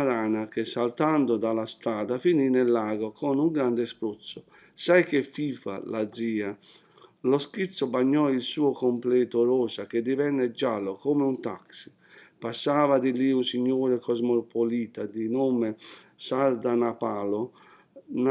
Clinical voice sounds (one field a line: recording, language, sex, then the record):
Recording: read passage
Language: Italian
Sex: male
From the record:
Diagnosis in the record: healthy control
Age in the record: 60 years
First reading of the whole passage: 60 s, 8.3 characters per second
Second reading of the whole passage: 54 s, 9.4 characters per second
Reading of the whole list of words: 38 s, 7.2 characters per second